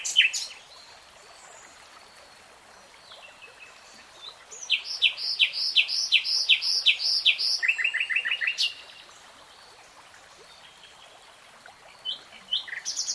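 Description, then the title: Nightingale song: scattered high notes, then a fast run of repeated chirping notes for about three seconds, a brief lower trill, and a pause before new notes. Singing, from a 3-hour real-time recording. "Tiếng chim hót Nightingale Singing"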